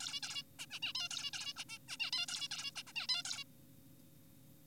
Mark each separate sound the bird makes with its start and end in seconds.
0.01-0.20, 0.23-0.43, 0.59-0.66, 0.71-0.79, 0.83-0.93, 0.95-1.09, 1.11-1.31, 1.33-1.53, 1.57-1.65, 1.69-1.78, 1.89-1.97, 2.00-2.10, 2.13-2.26, 2.28-2.48, 2.51-2.71, 2.76-2.82, 2.87-2.93, 2.96-3.07, 3.09-3.23, 3.25-3.44